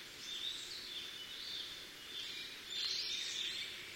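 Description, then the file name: Black-faced bunting song: short bursts of thin, high twittering notes, repeated in three phrases over steady background hiss. "aoji"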